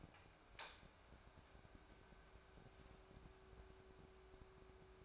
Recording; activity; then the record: daily activity, microphone in the room; light on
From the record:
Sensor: 2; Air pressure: 1010.1 hPa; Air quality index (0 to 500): 159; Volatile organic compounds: 7 ppm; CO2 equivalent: 1996 ppm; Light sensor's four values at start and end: 39/95/42/48 and 44/110/48/53